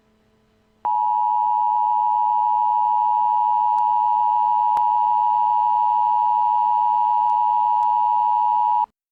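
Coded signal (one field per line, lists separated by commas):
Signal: Emergency Alert System (SAME) tones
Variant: 853 and 960 Hz attention tone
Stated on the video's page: Fictional EAS scenario about aliens coming to Earth.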